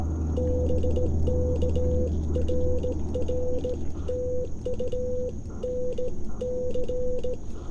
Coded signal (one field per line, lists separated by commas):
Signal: Morse code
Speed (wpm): 17 wpm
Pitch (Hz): 500 Hz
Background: none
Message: BK RR TU NC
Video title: J-38 + IC-705 On The Air: 15 WPM CW POTA Activation of Crows Nest Natural Preserve VA